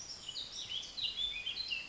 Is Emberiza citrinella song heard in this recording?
no